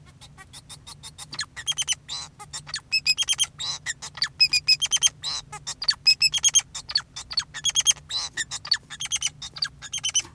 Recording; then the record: song of a male Bengalese finch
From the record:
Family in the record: son of father 2, and himself father 4